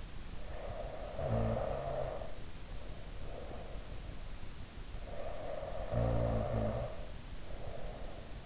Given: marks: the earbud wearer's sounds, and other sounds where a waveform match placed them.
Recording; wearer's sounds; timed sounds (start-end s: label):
sounds in sleep by an in-ear microphone; snoring breath
0.29-4.00 s: snoring breath
4.98-8.46 s: snoring breath